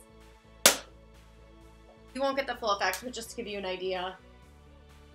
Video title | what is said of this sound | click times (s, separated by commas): MY FIRST RING LIGHT! - Affordable Neewer 18" Dimmable Ring Light | of how easy they go on as you can see everything just kind of snaps into place | 0.7 s